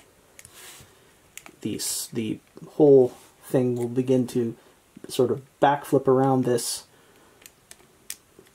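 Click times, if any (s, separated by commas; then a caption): 8.1 s. A plastic body section of a transforming action figure is backflipped around its rotation joint while someone talks, with small handling clicks scattered through the clip. It locks into place with a sharp plastic click at 8.1 s.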